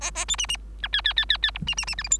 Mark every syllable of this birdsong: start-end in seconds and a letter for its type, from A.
0.01-0.11 A, 0.15-0.25 A, 0.28-0.36 B, 0.38-0.47 C, 0.48-0.57 C, 0.82-0.88 D, 0.93-1.01 E, 1.04-1.13 E, 1.16-1.25 E, 1.29-1.37 E, 1.42-1.51 E, 1.54-1.59 F, 1.67-1.75 C, 1.77-1.85 C, 1.87-1.95 C, 1.98-2.03 G, 2.03-2.09 H, 2.10-2.18 I